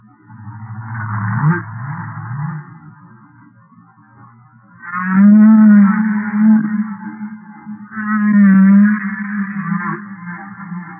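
Humpback whale moans and rising-falling cries, low groans near the bottom with harmonic wavering tones above, three long phrases separated by short pauses.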